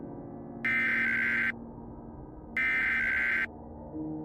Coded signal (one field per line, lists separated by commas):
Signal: Emergency Alert System (SAME) tones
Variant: header bursts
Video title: The Warner EF4: an EAS scenario